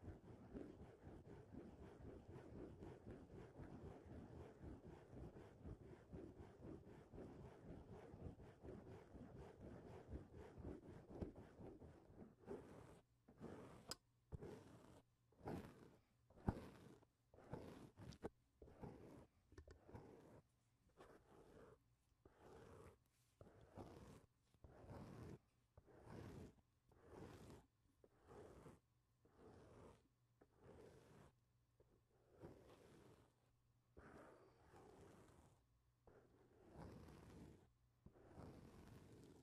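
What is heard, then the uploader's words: Mic touching: for the first twelve seconds a dense, continuous rubbing and scraping fills the sound, rough and fairly loud. After that it breaks into separate handling bursts, bumps and scrapes, each followed by short silences, coming at a fairly regular pace until the end. Mic touching. Sounds like: corduroys after wash day, getting your jeans drawn on in high school, grooming a Wookiee.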